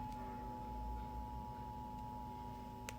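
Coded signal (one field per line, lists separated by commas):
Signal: Emergency Alert System (SAME) tones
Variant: 853 and 960 Hz attention tone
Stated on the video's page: EAS tornado alert during a PBS Kids program break.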